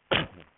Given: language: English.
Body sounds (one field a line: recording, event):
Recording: throat vibration sensor signal played as sound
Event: cough